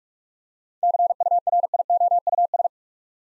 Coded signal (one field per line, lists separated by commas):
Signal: Morse code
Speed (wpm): 43 wpm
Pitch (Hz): 700 Hz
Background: none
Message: CURIOUS